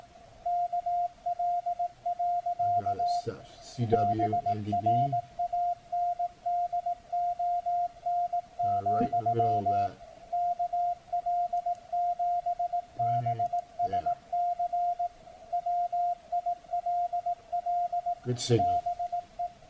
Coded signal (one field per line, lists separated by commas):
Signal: Morse code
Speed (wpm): 18 wpm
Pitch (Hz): 700 Hz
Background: speech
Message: KL. BRANDON, KL7BSC WILL BE